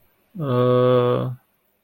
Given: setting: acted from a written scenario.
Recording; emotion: vocal sound without words; guilt